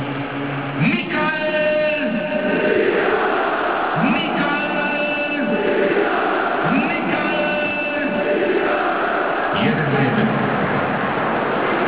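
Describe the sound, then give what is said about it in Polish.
A large crowd of Lech Poznań fans at the Bułgarska stadium chants player Mikael Iszak's name in unison with the stadium announcer after his goal against Wisła Płock, a loud repeated call rising and falling in a steady rhythm roughly every three seconds, with a sustained roar of voices beneath. “Nie mogli sobie poskandować, że to teraz poskandowali razem ze speakerem.”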